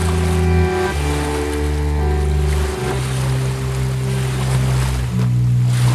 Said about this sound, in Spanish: Trae los sonidos del río hasta vos.